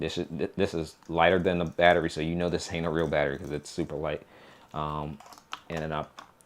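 Someone talks while handling a plastic dummy battery, a mains adapter shaped like a battery, that is lighter than a real one, as it is brought toward a camera's battery compartment. A faint short tick sounds near the end. Nothing has seated or clicked yet when the clip ends.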